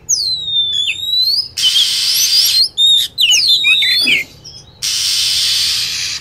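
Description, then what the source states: Lovebird calls: shrill, swooping whistles and rapid squeaky chirps, followed by a long stretch of steady, loud hissing noise. Lure sound used to attract lovebirds.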